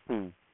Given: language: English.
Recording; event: throat vibration sensor signal played as sound; speech